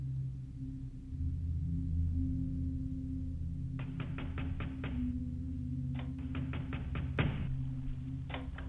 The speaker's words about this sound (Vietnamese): Lúc đầu ông tưởng là gió nó thổi đập cửa, thế nhưng khi ông đứng dậy nghe kỹ, không, đúng là có tiếng người gõ cửa thật.